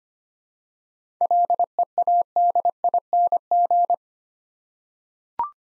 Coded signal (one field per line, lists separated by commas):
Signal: Morse code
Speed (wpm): 25 wpm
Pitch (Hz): 700 Hz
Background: none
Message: LEADING